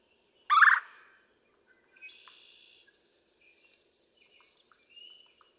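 Red-bellied woodpecker calling once, a brief rough rolling churr, followed by soft high whistled notes of other small birds.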